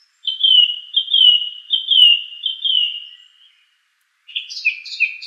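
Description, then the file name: Song thrush repeating a clear, slightly descending whistled phrase several times. A pause follows, then a varied, chattering phrase. "suara-kicauan-burung-song-thrush -omkicau"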